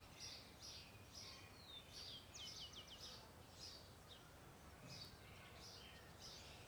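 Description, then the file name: Birds singing with short, high chirps and a brief rapid trill, repeated irregularly over a constant low rumble of background noise. Ambience recorded in a park, with birds. "Ambiencia parque olhos dagua com passaros, vozes e passa uma moto no final"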